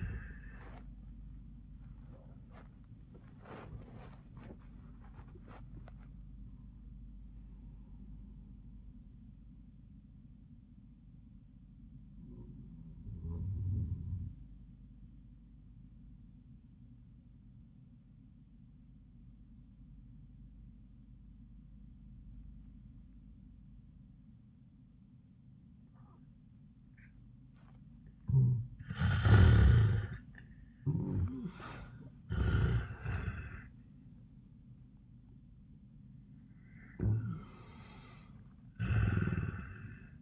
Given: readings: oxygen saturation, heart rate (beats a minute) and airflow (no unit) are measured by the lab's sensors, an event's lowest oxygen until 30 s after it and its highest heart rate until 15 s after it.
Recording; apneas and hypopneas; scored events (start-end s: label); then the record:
breathing in sleep by a smartphone at the bedside; 1
0.00-25.00 s: awake
13.00-30.20 s: obstructive apnea (scored as awake, oxygen 98% highest, then 80% lowest, heart rate 89 at the start, 98 highest)
20.00-40.22 s: new sleep stage, N1 (lightest sleep)
From the record:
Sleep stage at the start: awake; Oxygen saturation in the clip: 82 to 98%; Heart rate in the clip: 80 to 104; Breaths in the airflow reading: 4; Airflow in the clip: -29.2 to 14.2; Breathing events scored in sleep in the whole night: 400 in 8.7 hours asleep